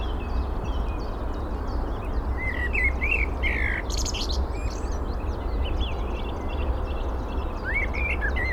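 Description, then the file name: Eurasian blackbird song: scattered fluted notes with slurred, rising tones, among high chirps from other birds over a steady low rumble. "Turdus merula"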